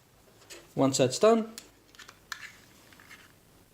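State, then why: Seated. Someone talks, then the plastic battery cover of an NVIDIA Shield TV 2017 Media Remote is slid back onto the remote body with a few faint scraping ticks. It latches with a sharp click at 2.3 s, and the battery cover is seated shut.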